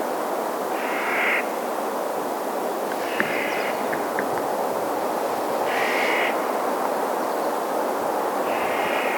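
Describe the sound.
Clark's nutcracker giving four harsh, grating kraa calls over steady background hiss.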